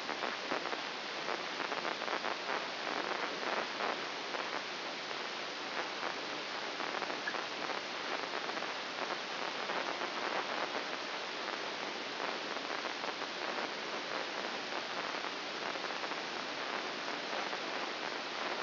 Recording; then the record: brain microelectrode recording played as sound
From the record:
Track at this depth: inside the subthalamic nucleus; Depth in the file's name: 2.802 mm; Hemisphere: right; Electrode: 2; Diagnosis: Parkinson's disease